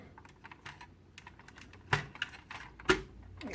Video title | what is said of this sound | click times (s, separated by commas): Micromasters Month: Review #9 - Skystalker with Interstellar Shuttle | they just snap in place like | 1.9 s, 2.2 s